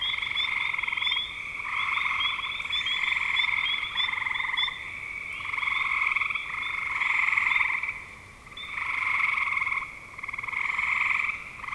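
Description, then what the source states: Chorus of frogs: buzzy pulsed trills repeated with brief gaps, high chirping notes layered on top. Spring 2025.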